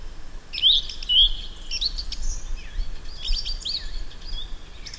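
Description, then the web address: Song thrush song: rapid run of whistled and scratchy notes, rising and falling, delivered almost continuously, with a low rumble in the background. "ljud Turdus philomelos"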